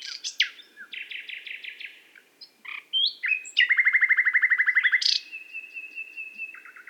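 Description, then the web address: Common nightingale song: varied rapid phrases, a fast repeated low rattle, then a long thin whistle and lower notes. "SETE data Luscinia megarhynchos"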